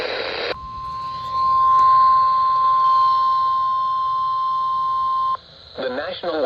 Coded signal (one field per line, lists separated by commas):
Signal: Emergency Alert System (SAME) tones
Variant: 1050 Hz attention tone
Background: speech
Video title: EAS Alerts From 7/17/25: A Compilation (EAS 940-945)